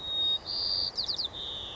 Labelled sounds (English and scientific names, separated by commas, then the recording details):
White-crowned Sparrow (Zonotrichia leucophrys)
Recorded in Sonoma County, California